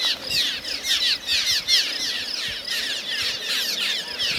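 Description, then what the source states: Cliff Swallow flock calling: a dense chorus of short, downslurred chirping notes from many birds at once, rising and falling in loudness. Cliff Swallow calls from a big flock; call likened to 'sure, sure, sure'; species' most common call described as a soft chirr.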